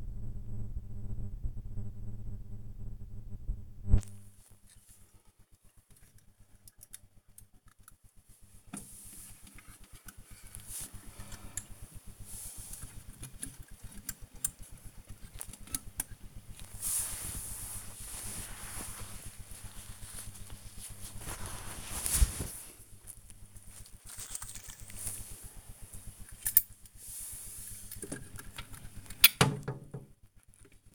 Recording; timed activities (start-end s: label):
household activities, microphone on the right wrist
0.00-30.95 s: dusting model cars